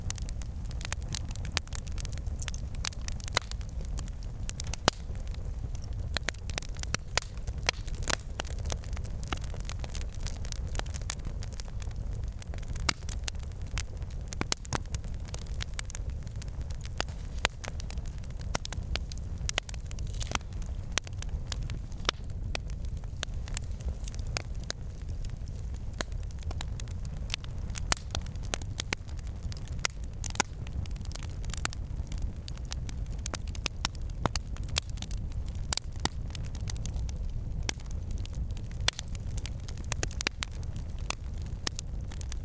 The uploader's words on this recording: Simple, gentle crackling of a campfire white noise.